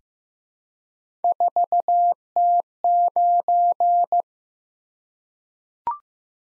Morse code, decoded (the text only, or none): 4T9